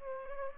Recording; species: mosquito wingbeat signal from an infrared sensor; Aedes aegypti